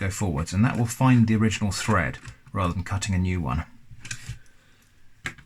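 Someone talks while a self-tapping screw is handled in its hole in a plastic case, about to be turned anti-clockwise so it finds the original thread rather than cutting a new one. Speech fills the first 3.6 seconds, followed by quiet handling noise with brief sharp ticks at 4.1 and 5.3 seconds. The screw has not yet seated or clicked into its thread.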